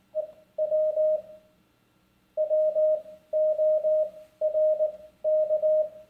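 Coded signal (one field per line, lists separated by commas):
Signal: Morse code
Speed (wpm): 19 wpm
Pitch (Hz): 620 Hz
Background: none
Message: EW WORK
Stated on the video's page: Morse from a Heathkit HD-16 code practice oscillator, alongside 18 wpm code practice.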